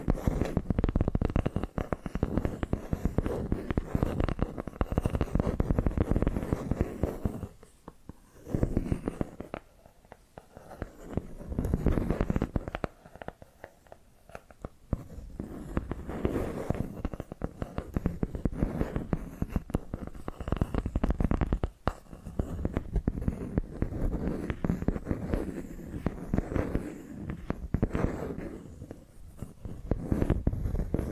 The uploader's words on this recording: ASMR Hypnotic Tapping and Scratching Sounds (No Talking).